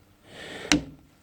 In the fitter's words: wait for the click perfect